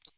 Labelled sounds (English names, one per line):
Hooded Warbler flight call